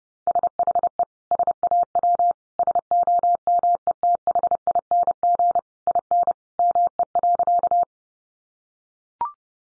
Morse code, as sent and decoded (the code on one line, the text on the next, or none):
... .... . / ... .- .-- / ... --- -- . - .... .. -. --. / .. -. / -- . .-.-.-
SHE SAW SOMETHING IN ME.